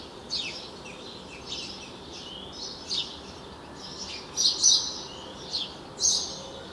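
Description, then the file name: House sparrow chirps, short bright notes scattered irregularly over a steady hiss, with a louder cluster of chirps near the end. "Passer domesticus"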